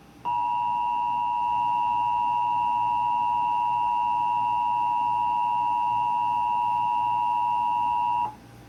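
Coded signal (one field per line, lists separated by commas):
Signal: Emergency Alert System (SAME) tones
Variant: 853 and 960 Hz attention tone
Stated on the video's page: Required monthly test carried on AT&T U-verse TV service.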